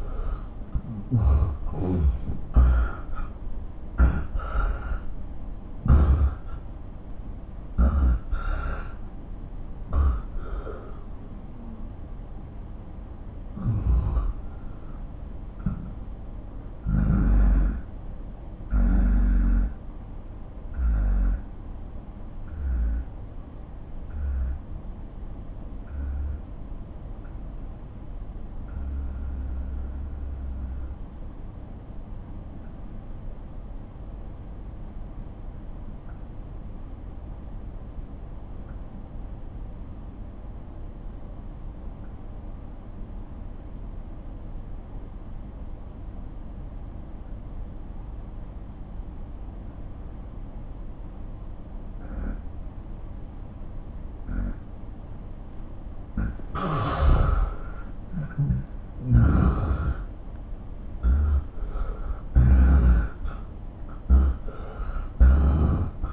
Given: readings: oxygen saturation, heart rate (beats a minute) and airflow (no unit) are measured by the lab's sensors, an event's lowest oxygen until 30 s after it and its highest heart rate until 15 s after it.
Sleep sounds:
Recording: breathing in sleep by a smartphone at the bedside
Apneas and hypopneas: 1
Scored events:
19.00-58.20 s: obstructive apnea (N1, oxygen 96% highest, then 86% lowest)
25.00-55.00 s: new sleep stage, N2 (light sleep)
55.00-66.13 s: new sleep stage, N1 (lightest sleep)
From the record:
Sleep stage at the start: N1 (lightest sleep)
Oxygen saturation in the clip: 81 to 96%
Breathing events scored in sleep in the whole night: 217 in 6.3 hours asleep

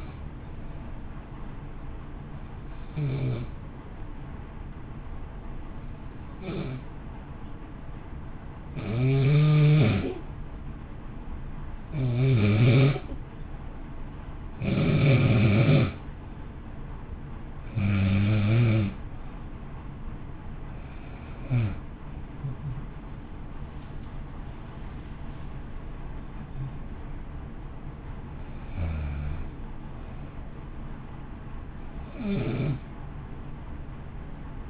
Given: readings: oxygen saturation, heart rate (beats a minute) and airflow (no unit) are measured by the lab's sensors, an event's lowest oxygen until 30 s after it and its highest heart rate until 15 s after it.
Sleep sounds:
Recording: breathing in sleep by a smartphone at the bedside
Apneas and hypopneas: 1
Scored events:
3.00-23.90 s: hypopnea (N2, oxygen 94% highest, then 87% lowest, heart rate 57 at the start, 62 highest)
From the record:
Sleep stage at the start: N2 (light sleep)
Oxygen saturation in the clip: 84 to 94%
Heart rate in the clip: 55 to 62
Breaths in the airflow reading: 15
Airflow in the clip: -0.7 to 0.7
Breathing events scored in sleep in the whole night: 328 in 6.3 hours asleep

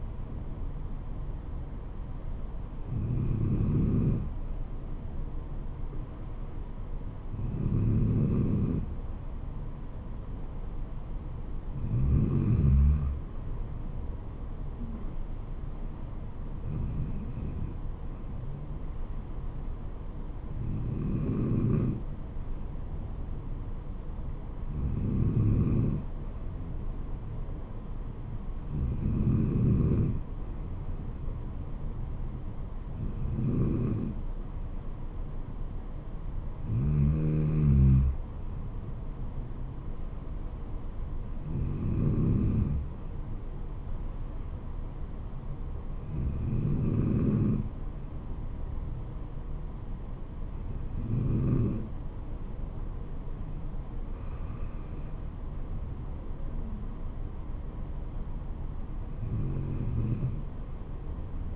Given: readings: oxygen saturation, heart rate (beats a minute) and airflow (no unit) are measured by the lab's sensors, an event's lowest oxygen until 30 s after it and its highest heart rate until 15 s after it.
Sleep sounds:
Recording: breathing in sleep by a smartphone at the bedside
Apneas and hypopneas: none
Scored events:
none scored
From the record:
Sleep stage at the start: N2 (light sleep)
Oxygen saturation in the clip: 93 to 94%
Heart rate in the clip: 66 to 76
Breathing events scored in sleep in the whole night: 426 in 7.4 hours asleep

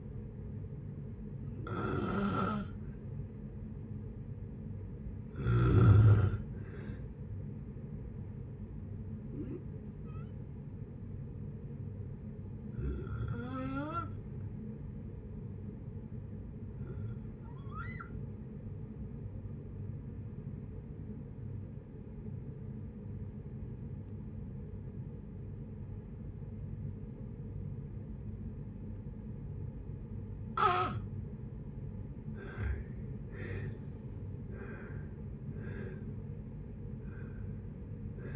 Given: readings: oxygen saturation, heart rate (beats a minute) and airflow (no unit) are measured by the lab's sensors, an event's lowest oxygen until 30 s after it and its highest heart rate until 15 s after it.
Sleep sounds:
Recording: breathing in sleep by a smartphone at the bedside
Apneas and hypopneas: 1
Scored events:
10.00-33.70 s: hypopnea (N2, oxygen 93% highest, then 79% lowest, heart rate 59 at the start, 75 highest)
36.00-38.36 s: new sleep stage, N1 (lightest sleep)
From the record:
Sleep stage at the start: N2 (light sleep)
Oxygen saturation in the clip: 87 to 93%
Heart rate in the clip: 57 to 74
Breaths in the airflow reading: 8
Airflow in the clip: -7.2 to 10.2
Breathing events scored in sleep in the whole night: 496 in 5.4 hours asleep

